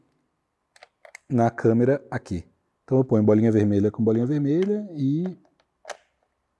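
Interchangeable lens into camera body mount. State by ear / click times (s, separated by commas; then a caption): not seated / none. An interchangeable lens is handled at a Canon camera body's mount, with the red dot on the lens lined up with the red dot on the body, while someone talks. A few faint, brief handling ticks come early and near the end. Nothing has seated or clicked into the mount yet.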